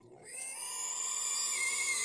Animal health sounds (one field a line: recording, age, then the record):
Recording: pig call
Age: weaner (32 to 43 days)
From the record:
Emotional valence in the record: negative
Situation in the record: restrain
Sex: male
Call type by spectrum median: high-frequency call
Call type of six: high-frequency stable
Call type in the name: high-frequency stable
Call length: 2.1 s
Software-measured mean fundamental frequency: 148 Hz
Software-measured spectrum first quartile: 2713 Hz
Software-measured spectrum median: 6328 Hz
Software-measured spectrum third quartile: 8101 Hz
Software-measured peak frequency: 2132 Hz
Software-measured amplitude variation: 88 dB a second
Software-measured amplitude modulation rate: 28.1 a second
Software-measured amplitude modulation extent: 3.1 dB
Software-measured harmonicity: 3.9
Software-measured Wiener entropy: -2.62